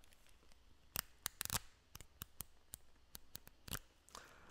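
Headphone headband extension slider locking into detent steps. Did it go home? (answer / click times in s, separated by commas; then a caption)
yes / 1.0 s, 1.3 s, 1.4 s, 2.4 s. The headband extension slider of a pair of V-MODA M-100 headphones is expanded and contracted next to a microphone, and its locking detents, rather than a friction fit, give sharp, solid clicks at 1.0, 1.3, 1.4 and 2.4 seconds among quieter ticks and scrapes. Each click marks the slider locking into a detent step.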